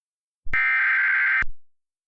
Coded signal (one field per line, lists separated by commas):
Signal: Emergency Alert System (SAME) tones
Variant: header bursts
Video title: Rumors! - EAS Mock